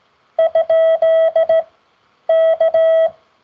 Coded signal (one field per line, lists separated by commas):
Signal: Morse code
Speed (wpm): 16 wpm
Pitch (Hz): 650 Hz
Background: none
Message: ?K